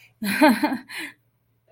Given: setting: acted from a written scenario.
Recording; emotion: vocal sound without words; amusement